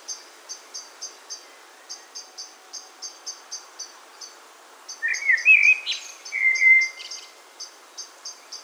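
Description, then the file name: Common blackbird giving one fluty warbling phrase ending in a drawn-out note, over regular high-pitched pulsing insect sounds. "Turdus merula"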